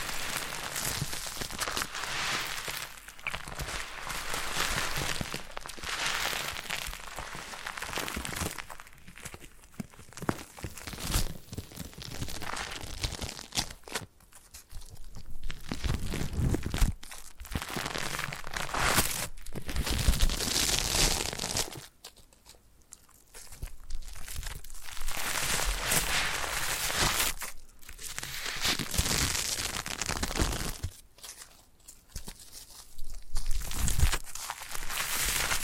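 Foam is rubbed and squeezed in a massage, giving a soft crinkling, hissing rustle that runs in long uneven strokes. The rubbing is dense and bright, broken by brief pauses around 14, 22 and 32 seconds before it resumes.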